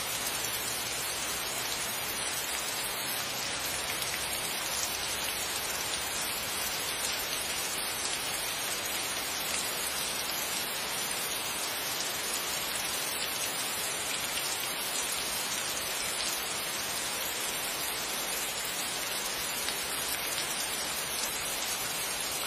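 Steady, dense rain falls throughout, a constant bright hiss of drops on a surface with no pauses or other sounds.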